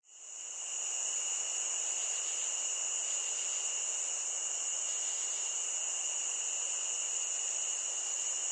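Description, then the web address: Crickets fade in quickly, then keep up a steady high shrill trill with a fainter lower tone, without breaks. Nature ambience of crickets. "SFXBible ambience-nature-crickets"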